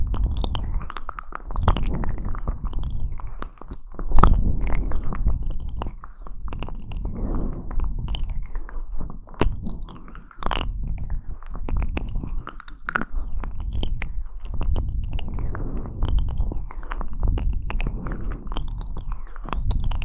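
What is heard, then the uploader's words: Wet mouth sounds run for the whole stretch, chewing-like with frequent sharp clicks and smacks scattered irregularly, several per second. A dense low, muffled rumble sits underneath throughout, with a louder burst of clicks around four seconds. Mouth Sounds.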